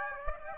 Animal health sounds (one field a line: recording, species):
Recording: mosquito wingbeat signal from an infrared sensor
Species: Aedes aegypti